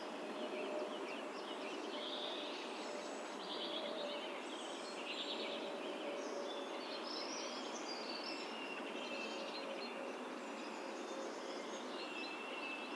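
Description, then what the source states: Bird chorus of many overlapping high chirps and warbles, heard over a strong steady rushing background noise. Rural setting.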